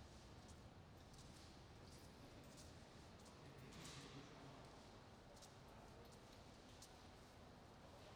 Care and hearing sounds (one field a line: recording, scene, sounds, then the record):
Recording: everyday scene through a hearing-aid microphone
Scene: reverberant space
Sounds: background noise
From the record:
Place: railway station hall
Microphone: in the ear canal, right